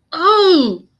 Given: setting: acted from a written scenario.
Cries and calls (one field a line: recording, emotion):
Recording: vocal sound without words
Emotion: anger